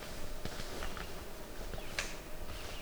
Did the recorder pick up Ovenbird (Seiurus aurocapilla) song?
no